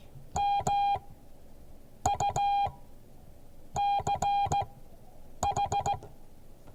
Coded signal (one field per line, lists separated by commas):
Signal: Morse code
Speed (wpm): 16 wpm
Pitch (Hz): 810 Hz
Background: none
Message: MUCH